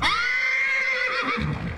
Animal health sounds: contact call of a hoofed animal; horse; whinny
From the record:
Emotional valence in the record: negative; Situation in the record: group separation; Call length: 1.78 s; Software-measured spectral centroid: 2360 Hz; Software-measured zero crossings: 3340 a second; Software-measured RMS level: -24 dBFS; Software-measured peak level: -10 dBFS

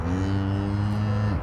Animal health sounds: contact call of a hoofed animal; cattle; low-frequency (closed-mouth) or high-frequency (open-mouth) call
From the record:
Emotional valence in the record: negative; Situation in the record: full separation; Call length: 1.42 s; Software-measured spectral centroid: 1360 Hz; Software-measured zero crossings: 580 a second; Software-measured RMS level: -24 dBFS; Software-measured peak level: -13 dBFS

